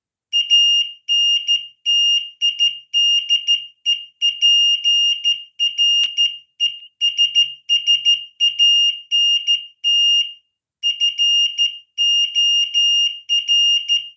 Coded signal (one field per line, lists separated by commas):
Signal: Morse code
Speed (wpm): 13 wpm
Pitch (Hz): 2850 Hz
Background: none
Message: ANTIDEPRESSANT FOR